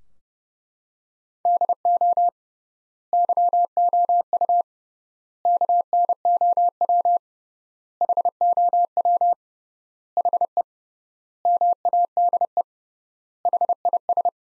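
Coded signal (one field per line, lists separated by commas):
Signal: Morse code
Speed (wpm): 30 wpm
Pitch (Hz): 700 Hz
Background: none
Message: DO YOU KNOW HOW HE MADE HIS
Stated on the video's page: Morse practice of sentences from the top 300 words at 30 wpm with 3x word spacing, a method analogous to Farnsworth.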